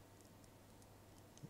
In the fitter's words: Voilà. Juste ici, il y a le petit clips. On l'entend.